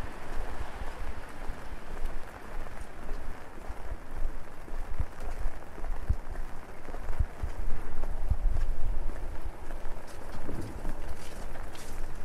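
Rain patters steadily on an umbrella while walking through a busy downtown street at night. A constant dense hiss of drops is layered with low rumbling traffic and scattered footsteps, with brief sharper taps and knocks every few seconds, louder around the eighth second.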